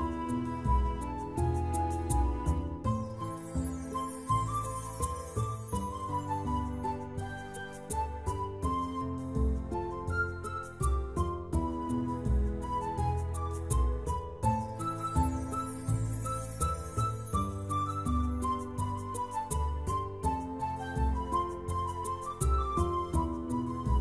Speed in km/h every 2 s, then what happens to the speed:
124, 129, 132, 137, 139, 142, 145, 145, 148, 147, 147, 145.
0-16 speeds up to 148. 16-24 steady at about 147.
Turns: none.